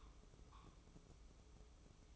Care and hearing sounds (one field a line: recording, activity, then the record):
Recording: daily activity, microphone in the room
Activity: take from stove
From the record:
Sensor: 1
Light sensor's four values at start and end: 29/101/39/40 and 29/101/39/40